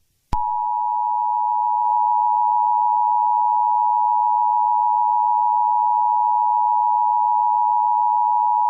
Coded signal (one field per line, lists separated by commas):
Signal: Emergency Alert System (SAME) tones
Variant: 853 and 960 Hz attention tone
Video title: Jimmy’s vacuuming video gets interrupted by an EAS test